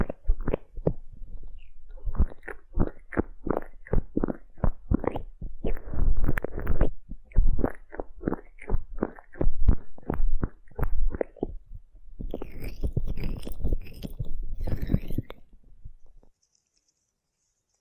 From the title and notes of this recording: ASMR Aloe Gel Ear Massage for Pure Relaxation (No Talking).